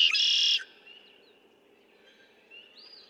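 Red-winged blackbird: a loud raspy trill, then quiet background with a faint whistle near the end.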